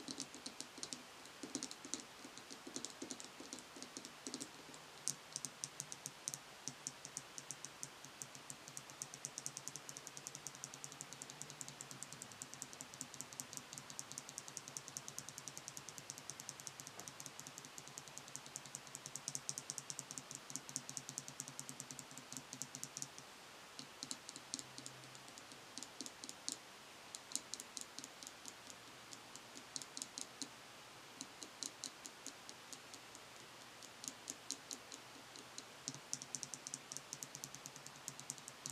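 Tapping on a series of products, with quick, sharp clicks running through nearly the whole stretch at a fast, fairly even pace. The taps stay bright and crisp, bunching into denser flurries here and there, while a low steady hum sits underneath throughout.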